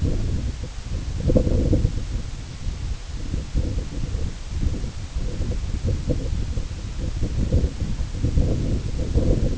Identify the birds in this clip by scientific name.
none